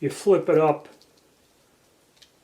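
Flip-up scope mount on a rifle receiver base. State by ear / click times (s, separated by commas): seated / 2.2 s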